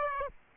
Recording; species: mosquito wingbeat signal from an infrared sensor; Aedes aegypti